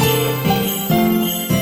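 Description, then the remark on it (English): Christmas jingle bells ring out over a short run of four steady, bell-like tones, each note held before stepping to the next, bright and fairly loud with no voices. “Can you hear the jingle bells?”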